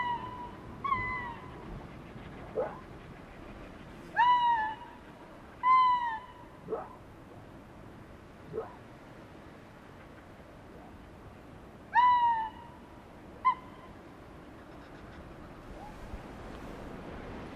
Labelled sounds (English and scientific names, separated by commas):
Arctic Fox (Vulpes lagopus) call